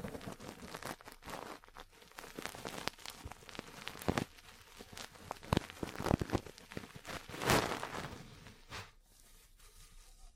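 Ear cleaning and massage sounds: close rustling and scratching with frequent soft taps and brushing strokes, dense and irregular throughout. Sharper crackling bursts stand out near 4, 5.5, 6 and 7.5 seconds, with a brief hush just before the end.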